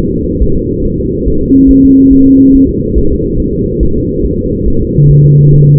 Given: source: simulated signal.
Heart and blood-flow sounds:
fetal heart sounds
0.13 s: S2
0.43 s: S1
0.57 s: S2
0.86 s: S1
1.00 s: S2
1.28 s: S1
1.42 s: S2
1.71 s: S1
1.85 s: S2
2.13 s: S1
2.27 s: S2
2.55 s: S1
2.69 s: S2
2.98 s: S1
3.12 s: S2
3.40 s: S1
3.54 s: S2
3.83 s: S1
3.97 s: S2
4.26 s: S1
4.40 s: S2
4.68 s: S1
4.82 s: S2
5.11 s: S1
5.25 s: S2
5.54 s: S1
5.68 s: S2
From the record:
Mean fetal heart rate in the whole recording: 140 bpm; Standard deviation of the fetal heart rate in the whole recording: 2 bpm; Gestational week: 34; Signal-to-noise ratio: -16.4 dB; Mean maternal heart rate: 72 bpm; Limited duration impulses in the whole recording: present

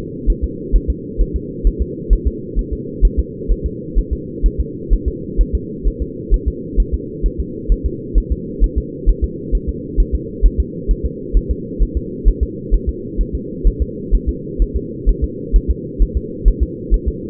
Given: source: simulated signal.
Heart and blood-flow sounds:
fetal heart sounds
0.30 s: S1
0.44 s: S2
0.76 s: S1
0.90 s: S2
1.21 s: S1
1.36 s: S2
1.67 s: S1
1.82 s: S2
2.13 s: S1
2.27 s: S2
2.59 s: S1
2.73 s: S2
3.05 s: S1
3.19 s: S2
3.51 s: S1
3.66 s: S2
3.99 s: S1
4.13 s: S2
4.46 s: S1
4.60 s: S2
4.93 s: S1
5.08 s: S2
5.41 s: S1
5.55 s: S2
5.87 s: S1
6.02 s: S2
6.34 s: S1
6.48 s: S2
6.80 s: S1
6.94 s: S2
7.26 s: S1
7.40 s: S2
7.72 s: S1
7.86 s: S2
8.18 s: S1
8.32 s: S2
8.64 s: S1
8.78 s: S2
9.09 s: S1
9.24 s: S2
9.55 s: S1
9.69 s: S2
10.00 s: S1
10.15 s: S2
10.46 s: S1
10.60 s: S2
10.91 s: S1
11.06 s: S2
11.37 s: S1
11.51 s: S2
11.82 s: S1
11.97 s: S2
12.28 s: S1
12.43 s: S2
12.74 s: S1
12.89 s: S2
13.21 s: S1
13.35 s: S2
13.67 s: S1
13.82 s: S2
14.15 s: S1
14.29 s: S2
14.62 s: S1
14.76 s: S2
15.09 s: S1
15.24 s: S2
15.56 s: S1
15.71 s: S2
16.02 s: S1
16.17 s: S2
16.48 s: S1
16.63 s: S2
16.94 s: S1
17.08 s: S2
From the record:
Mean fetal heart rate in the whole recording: 130 bpm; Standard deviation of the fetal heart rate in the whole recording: 2 bpm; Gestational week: 36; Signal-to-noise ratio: -4.1 dB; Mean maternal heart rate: no maternal heart sound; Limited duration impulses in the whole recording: absent

